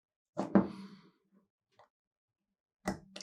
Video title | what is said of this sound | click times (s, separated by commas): PART 1 - Icarus Precision Sig P365 Full Installation Series - Grip Modules | there it goes I heard the nice little click right there | 3.2 s